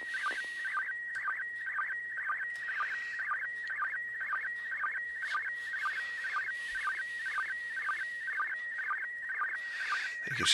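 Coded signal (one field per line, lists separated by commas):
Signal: SSTV (slow-scan television)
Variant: PD 120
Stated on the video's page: Live SSTV reception from an ISS pass.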